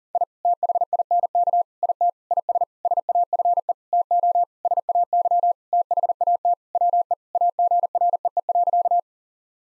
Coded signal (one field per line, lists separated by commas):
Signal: Morse code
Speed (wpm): 40 wpm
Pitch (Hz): 700 Hz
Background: none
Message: I THINK IT IS SAFE TO SAY THAT WE AGREE.